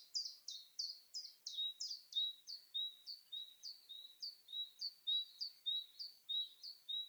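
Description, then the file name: Great tit singing a long, even series of two-note phrases, each a bright upper note sliding down to a lower one, repeated without pause. "Parus major"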